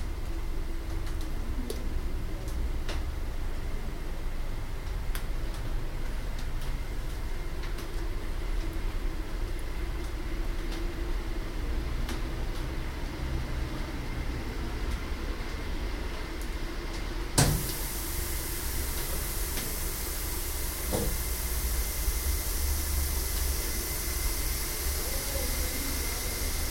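A greenhouse misting system hisses steadily over a low rumble, with scattered drips and clicks; the hiss brightens sharply around seventeen seconds.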